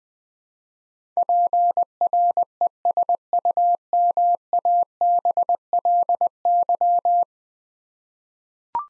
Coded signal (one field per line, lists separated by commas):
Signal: Morse code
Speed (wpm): 20 wpm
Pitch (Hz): 700 Hz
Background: none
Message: PRESUMABLY